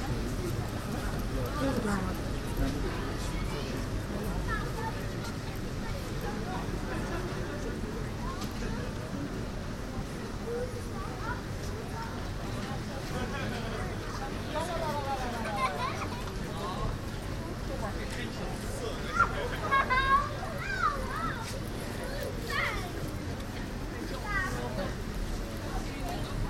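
General atmosphere on Het Buitenhof in The Hague, mostly pedestrians passing. Overlapping voices murmur steadily throughout over a low, constant rumble of traffic, with occasional brighter calls and children's voices rising above the chatter, especially around the twentieth second.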